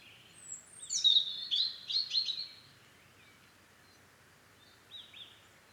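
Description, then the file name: European robin singing a short, high phrase of thin whistles and fast twittering trills, then a brief pause and one faint squeaky note near the end. "Erithacus rubecula"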